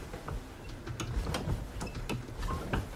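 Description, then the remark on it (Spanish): A blacksmith's cowhide bellows on a wooden frame at a forge, worked by a lever to drive air through a tuyere to the base of the hearth: a steady run of wooden clacks and creaks over a low rush of air, with no voices. “Con la palanca, el herrero impulsa el aire a través de una tobera hasta la misma base del horno.”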